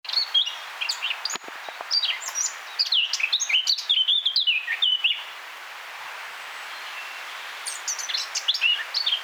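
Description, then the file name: Eurasian blackcap singing a fast, varied warble of high chirps and twittering notes for several seconds, a pause, then a shorter burst near the end. "Sylvia atricapilla"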